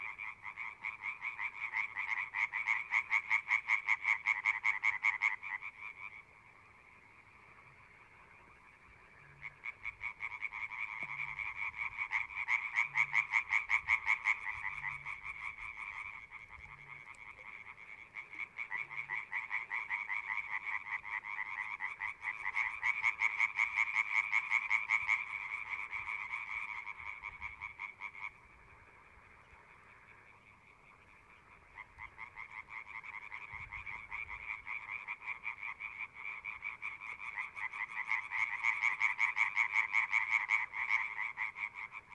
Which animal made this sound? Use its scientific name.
Hyla arborea